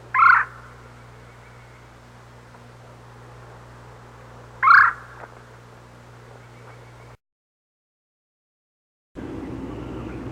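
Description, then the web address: Red-bellied woodpecker giving two short, burry kwirr notes about four and a half seconds apart over a low background hum, followed by a silent gap and then louder noise. "101 Bird Songs. Red Bellied Woodpecker"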